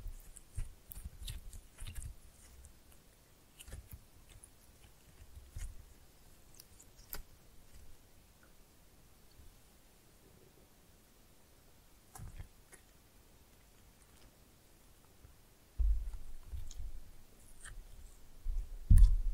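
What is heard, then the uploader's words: Slime being pressed and mixed makes soft, squelchy clicks and pops, with sharp bright snaps scattered through, clustered early and again near 12 seconds. A low thudding rumble comes and goes, growing louder and denser in the last few seconds. No voice is heard. Slime No Talking (Pressing and Mixing).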